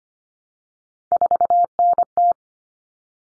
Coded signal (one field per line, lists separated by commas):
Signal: Morse code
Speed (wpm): 25 wpm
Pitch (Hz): 700 Hz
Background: none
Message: 4NT